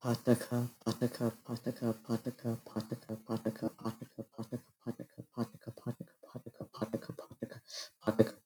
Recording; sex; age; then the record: repeated syllables /pa ta ka/; male; 20 to 29 years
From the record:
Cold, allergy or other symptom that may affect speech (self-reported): no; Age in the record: 25 years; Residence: Texas, United States